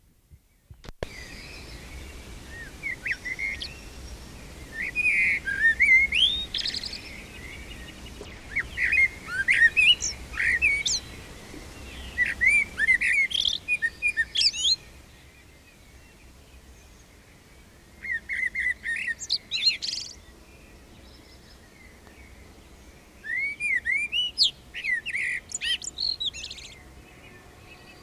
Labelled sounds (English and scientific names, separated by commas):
Common Blackbird (Turdus merula) song